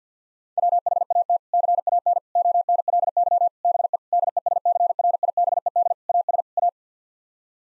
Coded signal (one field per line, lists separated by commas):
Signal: Morse code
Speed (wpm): 50 wpm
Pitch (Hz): 700 Hz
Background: none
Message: WHAT CAN ONLY BE DESCRIBED AS A